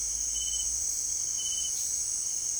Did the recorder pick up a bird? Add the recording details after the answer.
no. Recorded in dense forest near Puerto Asís, Putumayo, Colombia, on 20 December 2024 at 18:00. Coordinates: 0.485, -76.318. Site GP03